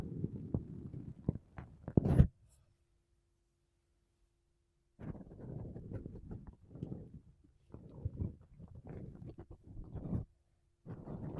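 Makeup brushes and a sponge rub against the microphone in soft, low, scratchy bursts. The first two seconds have quick strokes ending in a sharp bright scrape, then nearly three seconds of silence, then steady brushing with brief pauses to the end.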